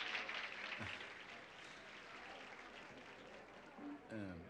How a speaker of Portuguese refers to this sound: Uma salva de palmas ao grande Jake LaMotta. Senhoras e senhores.